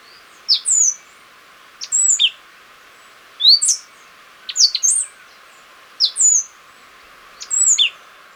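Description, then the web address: Stripe-headed brush-finch song: short high whistled phrases of slurred, falling notes, given in bursts every one to two seconds over a faint hiss. Ecuador. "Birds of Ecuador. Stripe-Headed Brush-Finch"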